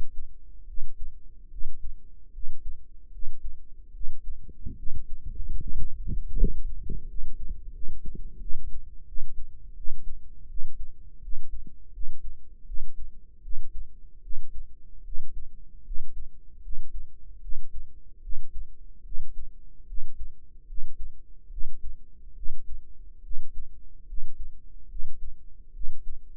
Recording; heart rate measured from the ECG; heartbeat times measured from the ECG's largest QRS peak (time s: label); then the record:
heart sounds by microphone in the right ear; 77 bpm
0.64 s: heartbeat
1.48 s: heartbeat
2.31 s: heartbeat
3.09 s: heartbeat
3.91 s: heartbeat
4.74 s: heartbeat
5.58 s: heartbeat
6.34 s: heartbeat
7.05 s: heartbeat
7.71 s: heartbeat
8.38 s: heartbeat
9.04 s: heartbeat
9.74 s: heartbeat
10.47 s: heartbeat
11.20 s: heartbeat
11.91 s: heartbeat
12.64 s: heartbeat
13.41 s: heartbeat
14.20 s: heartbeat
15.02 s: heartbeat
15.83 s: heartbeat
16.60 s: heartbeat
17.39 s: heartbeat
18.20 s: heartbeat
19.02 s: heartbeat
19.85 s: heartbeat
20.65 s: heartbeat
21.48 s: heartbeat
22.33 s: heartbeat
23.21 s: heartbeat
24.05 s: heartbeat
24.87 s: heartbeat
25.71 s: heartbeat
From the record:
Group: healthy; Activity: rest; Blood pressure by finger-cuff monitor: 116/77 mmHg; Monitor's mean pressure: 87 mmHg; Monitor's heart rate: 75 bpm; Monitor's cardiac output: 5.6 L/min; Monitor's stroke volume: 75 mL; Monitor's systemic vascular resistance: 1130 dyn s/cm5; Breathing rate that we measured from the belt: 14 breaths a minute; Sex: female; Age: 22 years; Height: 160 cm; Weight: 45 kg